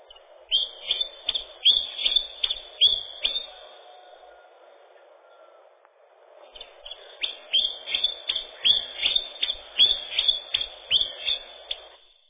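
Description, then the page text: Chiffchaff singing a run of high, evenly spaced clipped notes, pausing for a few seconds, then resuming the same measured repetitive phrase. Song described in the source as ringing, measured, monotonously repeated 'ten-tin-tyan-tyun...tr...tr...ten-tin'. "Пеночка-теньковка, или пеночка-кузнечик (устар.) — Phylloscopus collybita"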